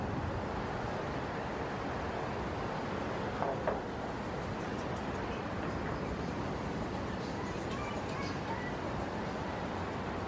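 Heavy traffic on the Brooklyn Bridge forms a dense, steady rumble with a low roar that hardly changes across the whole stretch. Just before the fourth second a couple of short clinks or taps stand out, and faint voices and brighter vehicle sounds drift through later.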